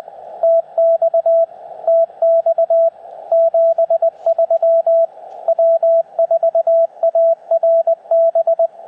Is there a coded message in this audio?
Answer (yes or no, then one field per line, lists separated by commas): yes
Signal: Morse code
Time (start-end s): 0.4-8.7 s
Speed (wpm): 20 wpm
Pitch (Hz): 620 Hz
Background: radio noise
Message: TX TX 73 W4ARB